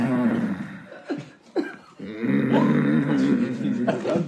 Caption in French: C'était quand son père il ronflait. Quand il faisait ce bruit, ça voulait dire qu'il allait pas se réveiller.